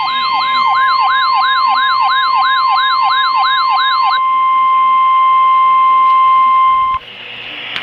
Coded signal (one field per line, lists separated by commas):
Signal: Emergency Alert System (SAME) tones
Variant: 1050 Hz attention tone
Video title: EAS #268 - Severe Thunderstorm Warning